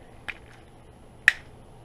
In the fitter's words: so that was the second click